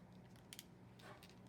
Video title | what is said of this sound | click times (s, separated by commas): Sixth Grade Pablo Picasso and Cubism Artist Appreciation Arts Attack Main Lesson Part II of II | and you hear it roll across and snap at the end. | 0.5 s, 0.6 s